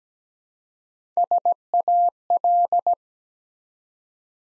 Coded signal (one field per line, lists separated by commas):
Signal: Morse code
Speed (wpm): 17 wpm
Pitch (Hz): 700 Hz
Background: none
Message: SAL